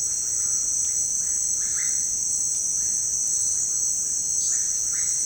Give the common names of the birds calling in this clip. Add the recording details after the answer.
Russet-backed Oropendola. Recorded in dense forest near Puerto Asís, Putumayo, Colombia, on 18 February 2024 at 17:30. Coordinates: 0.472, -76.329. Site G6394